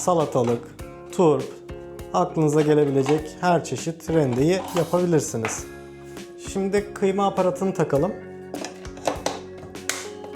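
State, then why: Seated. A meat mincer attachment is fitted to the front attachment hub of an Electrolux E5KM1-6GBP stand mixer while someone talks over background music. A short run of fumbling taps and knocks from about 8.5 s ends in a loud, sharp click at 9.9 s as the attachment seats in the hub.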